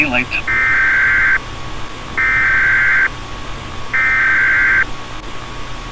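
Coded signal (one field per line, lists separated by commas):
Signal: Emergency Alert System (SAME) tones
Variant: header bursts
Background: speech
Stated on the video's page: Fictional EAS scenario in analog horror style, using valid EAS tones.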